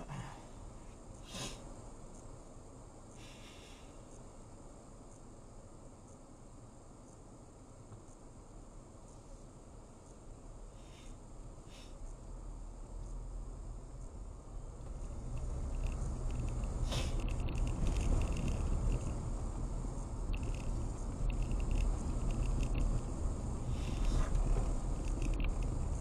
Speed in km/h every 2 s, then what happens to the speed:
3, 2, 3, 2, 3, 3, 8, 15, 23, 29, 31, 26, 21.
2-7 standing. 7-19 pulls away to 31. 19-26 slows to 21.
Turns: none.